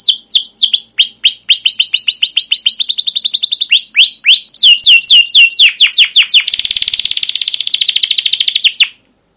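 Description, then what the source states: Canary song: rhythmic downslurred whistles and quick chirp series, ending in a dense, buzzy rapid roll that stops abruptly. Canary song with long rolls (ngerol) and cuit cuit notes, used as a lure recording (pancingan) to train other canaries.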